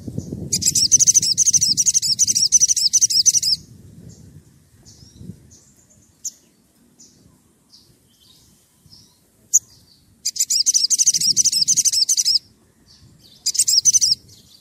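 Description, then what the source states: Oriental magpie-robin song in three bursts of rapid, repeated arched high notes, separated by pauses with faint scattered chirps and low rumble. Persistently singing bird; recording used as a lure to provoke other birds of its kind into answering.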